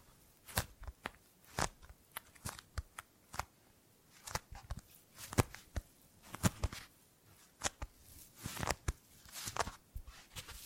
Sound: Gripping and Grabbing Sounds